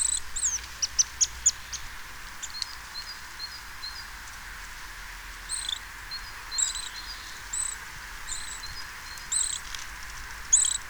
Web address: SETE Sitta europaea